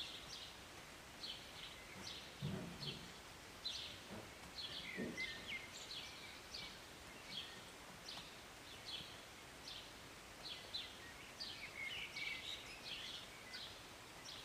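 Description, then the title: Bird chirps, many short bright notes overlapping with a few thin whistles, steady rain-like hiss throughout and a brief low thump near the start. Recorded from a city balcony on a Sunday morning during short rain, birds singing and chirping. "Rainy Morning with Birds Chirping"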